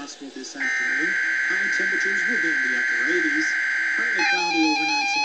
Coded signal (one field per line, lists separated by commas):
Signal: Emergency Alert System (SAME) tones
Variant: header bursts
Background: speech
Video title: EAS Test 9/2/2015 by WX Skywarn KY